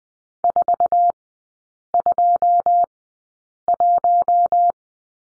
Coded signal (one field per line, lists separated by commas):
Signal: Morse code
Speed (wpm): 20 wpm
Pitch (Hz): 700 Hz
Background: none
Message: 421